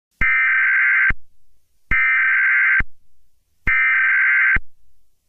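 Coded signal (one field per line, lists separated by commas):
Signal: Emergency Alert System (SAME) tones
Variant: header bursts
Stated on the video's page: Fictional EAS scenario.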